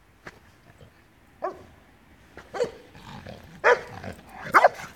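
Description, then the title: Dog giving a series of excited barks and yips, irregular and growing louder, with the last two barks the strongest. Dog named Jacko having a burst of playful, funny behaviour. "Jacko has his 5 minutes - funny dog behavior"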